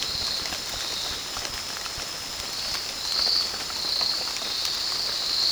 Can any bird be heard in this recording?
no